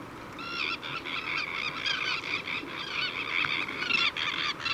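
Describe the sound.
Kelp gull calls: dense, overlapping harsh nasal notes from several birds at once.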